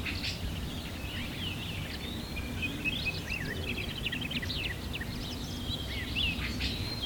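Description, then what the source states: Several birds singing, bright twittering phrases and quick chirps scattered throughout over constant low background hum. Recorded at sunrise.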